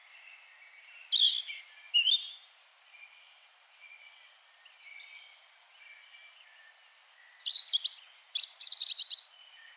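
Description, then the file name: European robin song: two phrases of high thin whistles and tumbling twitters, with faint softer bird notes in the gap between them. "Erithacus rubecula"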